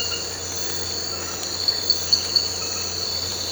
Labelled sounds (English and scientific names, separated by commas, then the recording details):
none
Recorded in pastures near Puerto Asís, Putumayo, Colombia, on 8 March 2025 at 00:00
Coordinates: 0.466, -76.322
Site CSA-02